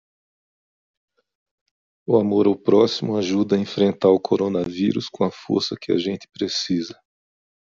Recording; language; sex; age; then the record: spoken sentence; Brazilian Portuguese; male; 50 to 59 years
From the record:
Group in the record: control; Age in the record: 56 years